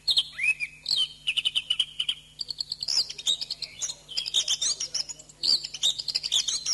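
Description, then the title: Thrush song of brisk chirps and short whistled phrases, with a fast stuttering trill and higher squeaky notes toward the end, over a faint hum. "Suara Burung Anis"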